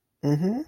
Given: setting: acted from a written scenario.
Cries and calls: vocal sound without words; interest

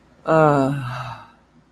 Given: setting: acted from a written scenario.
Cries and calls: vocal sound without words; serenity

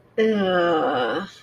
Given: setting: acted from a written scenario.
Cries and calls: vocal sound without words; guilt

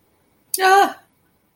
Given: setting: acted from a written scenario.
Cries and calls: vocal sound without words; fear

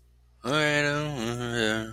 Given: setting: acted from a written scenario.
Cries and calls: vocal sound without words; shame

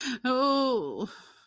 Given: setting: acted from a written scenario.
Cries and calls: vocal sound without words; pain

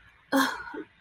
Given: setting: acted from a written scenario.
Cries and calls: vocal sound without words; shame

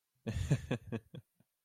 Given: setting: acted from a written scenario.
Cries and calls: vocal sound without words; amusement

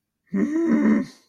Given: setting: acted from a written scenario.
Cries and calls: vocal sound without words; anger

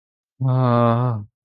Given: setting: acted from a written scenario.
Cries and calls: vocal sound without words; romantic love

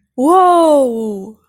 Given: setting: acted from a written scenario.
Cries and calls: vocal sound without words; elation

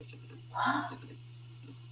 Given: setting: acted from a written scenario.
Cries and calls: vocal sound without words; confusion

